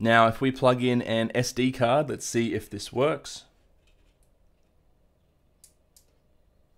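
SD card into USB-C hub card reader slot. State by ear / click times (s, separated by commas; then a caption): seated / 5.6 s. An SD card is pushed into the SD card reader slot of a USB-C hub until it latches, seating correctly. Someone talks for the first three and a half seconds, then after a quiet stretch a sharp click is heard at 5.6 s, followed by a second faint click at 6.0 s.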